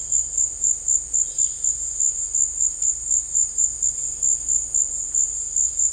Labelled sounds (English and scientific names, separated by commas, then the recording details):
none
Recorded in dense forest near Puerto Asís, Putumayo, Colombia, on 26 December 2024 at 17:00
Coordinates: 0.485, -76.318
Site GP03